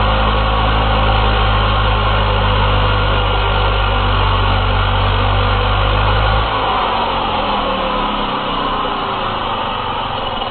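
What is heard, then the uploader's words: A chainsaw engine runs steadily, a dense, even buzzing drone over a strong low rumble. At about six and a half seconds the deep throb suddenly drops away, and the motor carries on thinner and slightly rougher until the end. Chainsaws. Recorded by Dan Bodah in Dingmans Ferry, PA.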